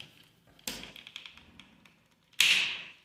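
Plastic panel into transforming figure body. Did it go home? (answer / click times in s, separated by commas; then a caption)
yes / 2.4 s. A stiff plastic panel is pressed into its slot on the body of a Transformers Studio Series 69-55 Scavenger figure. Light plastic handling clicks and rustles come first, with a sharper tap at 0.7 s, then a loud, bright hard snap at 2.4 s that trails off briefly. The joint snaps in and is seated.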